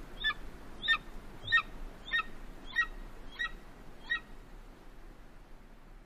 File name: Canto-da-Águia-Dourada